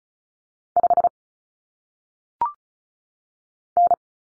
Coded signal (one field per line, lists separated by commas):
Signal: Morse code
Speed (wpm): 34 wpm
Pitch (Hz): 700 Hz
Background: none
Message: 5 N